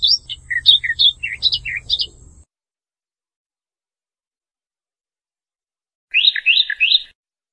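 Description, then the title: Bird giving a rapid string of sharp, high, warbled notes, falling silent for several seconds, then a short trilled phrase. "burung"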